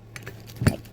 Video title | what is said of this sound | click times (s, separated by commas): Plus Size Friendly Office Chair/Assembly | And these are just snap into place. | 0.7 s